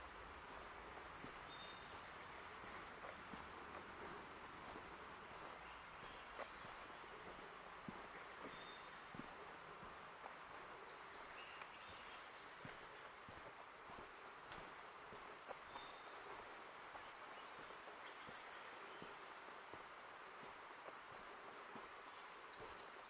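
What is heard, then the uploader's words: Forest ambience from the Ancient Forest Preserve in Portland, Oregon: a steady, dense hiss like wind or leaves fills the whole clip at an even level. Short, high bird chirps break through every few seconds, over a faint low rumble resembling traffic. Ancient Forest Preserve, a 40 acre non-contiguous annex to the 5200 acre Forest Park of Portland, Oregon, one of the largest urban parks in the US.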